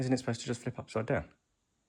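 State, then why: Not seated. A clip-on fitting on a kitchen cabinet used as a workbench base is handled while the cabinet frame is being turned over; the part had not been clicked in hard enough and has not engaged. Someone talks throughout the 1.9-second clip, then it falls silent from about 1.4 s. Nothing has seated or clicked yet.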